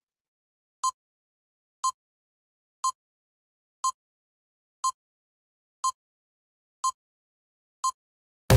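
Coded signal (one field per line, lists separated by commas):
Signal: none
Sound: intro music tones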